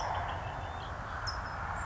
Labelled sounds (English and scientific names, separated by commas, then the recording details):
California Towhee (Melozone crissalis)
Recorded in Sonoma County, California